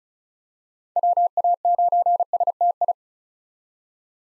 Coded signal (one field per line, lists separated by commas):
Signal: Morse code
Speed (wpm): 36 wpm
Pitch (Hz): 700 Hz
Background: none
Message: WA9STI